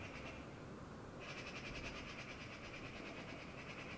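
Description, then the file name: Eurasian magpie rattling chatter, a quiet burst that swells into a continuous run of fast, grating notes over steady background noise. "Pica pica"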